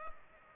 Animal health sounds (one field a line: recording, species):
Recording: mosquito wingbeat signal from an infrared sensor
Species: Culex pipiens